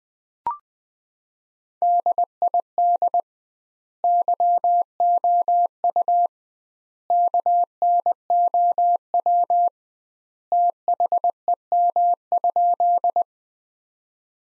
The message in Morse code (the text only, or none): DID YOU KNOW THEM?